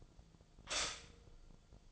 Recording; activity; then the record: daily activity, microphone in the room; stop toaster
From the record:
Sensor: 5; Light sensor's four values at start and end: 89/236/96/101 and 89/236/96/101